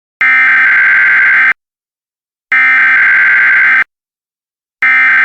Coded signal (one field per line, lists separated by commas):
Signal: Emergency Alert System (SAME) tones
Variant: header bursts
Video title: EAS Mock Scenario - Hell On Earth